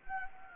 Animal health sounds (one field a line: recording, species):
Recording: mosquito wingbeat signal from an infrared sensor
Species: Anopheles gambiae